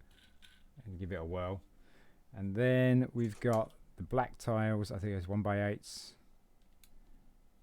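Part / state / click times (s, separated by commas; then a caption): rotor onto toy helicopter / seated / 0.5 s. A plastic rotor is pushed down onto the shaft of a 1991 vintage Lego Firefighter toy brick helicopter (set #4031); it is tight and snaps into place with a short click at 0.4 s. Someone talks as the rotor is given a whirl, and another faint tick follows near 6.8 s.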